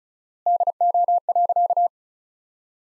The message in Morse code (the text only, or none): DO.